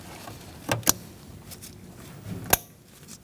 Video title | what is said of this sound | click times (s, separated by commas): How to Replace High Beam Bulbs 2016-2019 Chevrolet Cruze | Lock it in by pushing down. | 0.9 s